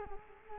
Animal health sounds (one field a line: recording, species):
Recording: mosquito wingbeat signal from an infrared sensor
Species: Culex quinquefasciatus